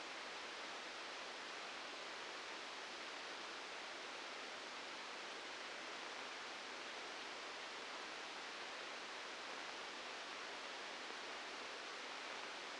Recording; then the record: brain microelectrode recording played as sound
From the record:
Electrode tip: inside the subthalamic nucleus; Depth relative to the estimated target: 1 mm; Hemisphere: right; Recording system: NeuroSet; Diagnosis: Parkinson's disease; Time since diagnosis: 8 years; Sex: male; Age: 59 years